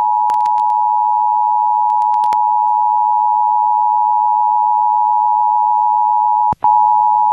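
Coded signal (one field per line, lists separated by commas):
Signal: Emergency Alert System (SAME) tones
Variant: 853 and 960 Hz attention tone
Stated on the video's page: Required monthly test from an FM station, received on a ZhiWhis ZWS-787 radio.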